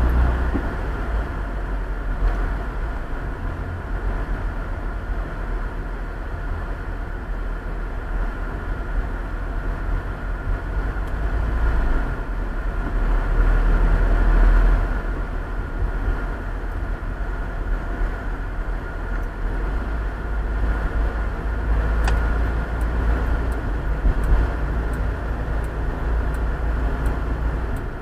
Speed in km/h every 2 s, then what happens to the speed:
31, 32, 32, 31, 29, 27, 26, 27, 30, 30, 31, 32, 32, 33.
0-28 steady at about 31.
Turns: none.